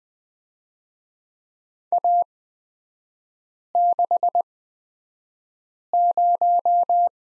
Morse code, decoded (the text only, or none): A60